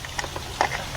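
A new oil filter element with a freshly oiled O-ring is handled at the filter housing cap of a Jeep Grand Cherokee during an oil change. Only a few short, faint taps and handling noises are heard over a steady low hum. The element has not seated or clicked into the cap yet.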